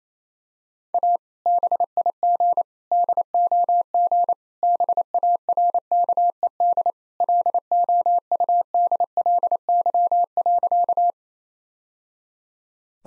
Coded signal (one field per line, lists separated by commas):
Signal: Morse code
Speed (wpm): 28 wpm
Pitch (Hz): 700 Hz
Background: none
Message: A BIG DOG BARKED LOUDLY.